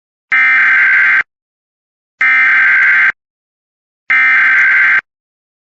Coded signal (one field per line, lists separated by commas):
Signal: Emergency Alert System (SAME) tones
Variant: header bursts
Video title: EAS Osage county, MO local area emergency